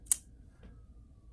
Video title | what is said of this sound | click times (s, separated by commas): We knives TP-02D EDC pen review! | locks in place like that it's spring closed spring open it's just a really good fidget kind | 0.1 s